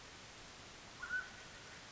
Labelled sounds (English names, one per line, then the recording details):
Mountain Quail
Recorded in Sonoma County, California